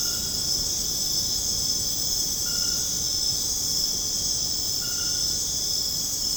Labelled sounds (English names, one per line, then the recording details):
none
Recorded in dense forest near Puerto Asís, Putumayo, Colombia, on 29 June 2025 at 20:30
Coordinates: 0.486, -76.317
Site G065